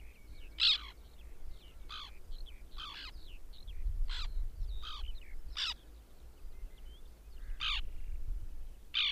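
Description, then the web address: White-winged tern harsh calls, scattered rasping notes with fainter calls between them, over a noticeable low rumbling background. "Madardalok Cd 3. Fehérszárnyú szerkő"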